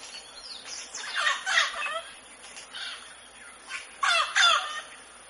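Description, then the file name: Mealy amazon giving varied raspy squawks and chattering notes, irregular in timing, ending with a pair of louder harsh calls. "canto do do papagaio moleiro"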